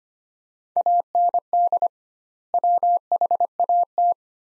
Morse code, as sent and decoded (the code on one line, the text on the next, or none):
.- -. -.. / .-- .... .- -
AND WHAT